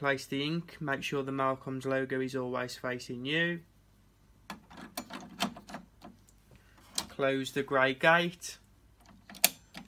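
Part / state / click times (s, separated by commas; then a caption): green plastic clip of the grey gate on the franking machine ink bay / seated / 9.4 s. Someone talks, then light plastic handling taps and rattles follow as the grey gate over the ink cartridge in a Mailcoms Mailsend+ franking machine's ink bay is closed during a printhead change. The gate's little green plastic retaining clip snaps shut with a sharp, loud click at 9.4 s, seating it in place.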